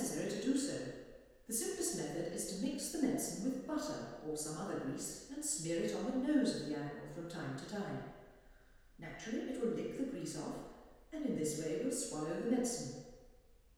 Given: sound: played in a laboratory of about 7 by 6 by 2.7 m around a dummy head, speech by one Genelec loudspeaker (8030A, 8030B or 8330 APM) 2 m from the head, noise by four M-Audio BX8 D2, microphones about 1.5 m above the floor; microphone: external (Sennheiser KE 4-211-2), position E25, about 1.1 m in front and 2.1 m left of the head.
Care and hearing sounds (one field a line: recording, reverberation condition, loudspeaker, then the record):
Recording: female speech in English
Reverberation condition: high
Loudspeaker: 30 degrees to the right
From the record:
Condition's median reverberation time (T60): about 1300 ms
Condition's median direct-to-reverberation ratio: about -4.0 dB